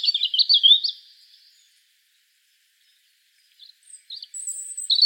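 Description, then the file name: European robin: a quick, thin rippling phrase at the start, then silence before scattered short high notes and a fresh phrase beginning. "Erithacus rubecula"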